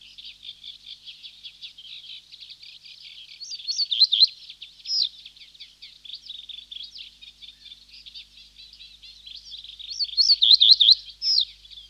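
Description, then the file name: Reed bunting song, two bright wavering phrases roughly seven seconds apart, set against busy, rapid twittering and ticking throughout. "Reed Bunting (Emberiza schoeniclus)"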